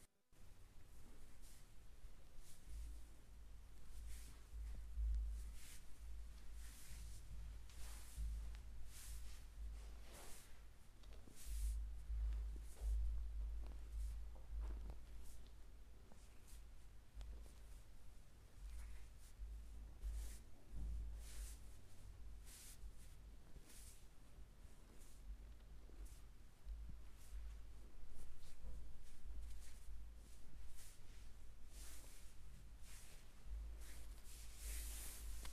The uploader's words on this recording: ASMR relaxing chair massage for deep sleep.